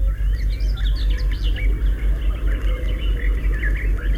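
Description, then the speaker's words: Common Whitethroat song, a hurried, scratchy twitter of quick high notes running almost continuously, over a steady pulsing low rumble. Hurried, twittering song delivered in flight; the bird rises fluttering its wings and hides in the bushes again when the trill ends. "Это поет серая Славка. Слышите, какая у нее торопливая и щебечущая песенка. Птичка поет ее на лету."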